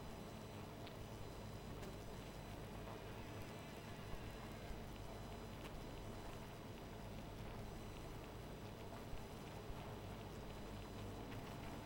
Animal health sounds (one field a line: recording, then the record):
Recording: honeybee colony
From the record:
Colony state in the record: missing queen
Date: 14 July 2017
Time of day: 0:13